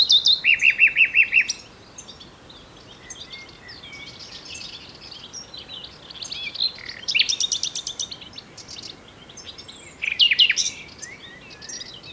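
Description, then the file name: Common nightingale song: opens with a fast run of identical loud notes, then varied chirps, trills and buzzy phrases separated by short pauses. "Luscinia megarhynchos"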